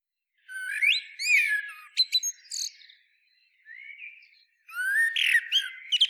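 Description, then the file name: Common blackbird song: rising fluty notes and a squeaky, chattering ending, a short silence, then a softer phrase and another loud twittering burst. "Turdus merula"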